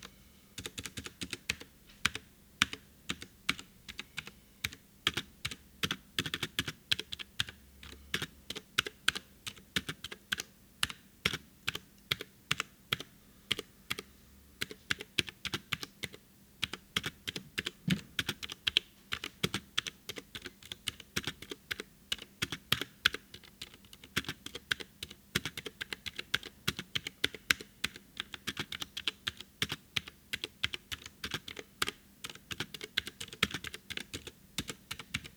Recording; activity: daily activity, guitar pickup as the sensor; type